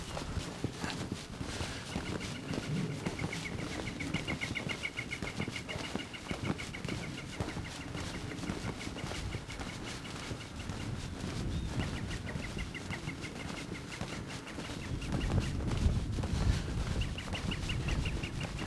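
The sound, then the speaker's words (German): A bird gives a long, unbroken run of rapid, high-pitched repeated notes, pausing only briefly once before carrying on, over a steady rustling background with no talking. “Der Vogel hat aber einen langen Atem, ne?”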